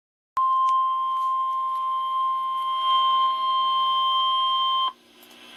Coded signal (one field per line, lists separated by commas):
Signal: Emergency Alert System (SAME) tones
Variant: 1050 Hz attention tone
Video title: EAS Alerts from Severe Weather in Alabama and Florida (EAS# 30-42)